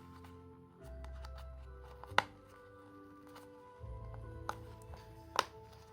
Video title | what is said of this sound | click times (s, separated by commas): Sony WH1000XM2 Earpad Replacement Tutorial and Opinions | there you go you hear that clicking | 2.2 s, 4.5 s, 5.4 s